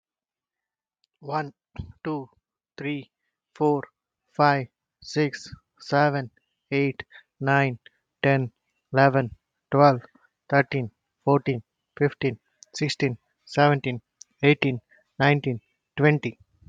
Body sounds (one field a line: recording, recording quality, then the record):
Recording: counting at a normal pace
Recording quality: excellent, no background noise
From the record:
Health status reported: healthy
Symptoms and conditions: cough, hypertension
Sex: male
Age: 39 years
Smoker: not ticked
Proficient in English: yes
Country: India